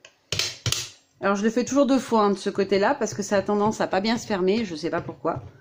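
The wheel of a badge-making press is lowered a second time on the same side to press the badge back into the metal badge front, because it tends not to close well. A sharp crimp click lands at 0.3 s, with a second short snap around 0.7 s, and the badge is seated and closed properly. Then someone talks.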